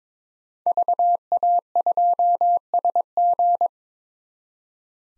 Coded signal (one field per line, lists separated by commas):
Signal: Morse code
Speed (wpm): 22 wpm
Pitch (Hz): 700 Hz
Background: none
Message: VA2SG